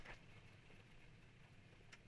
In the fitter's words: so da ist auch eingerastet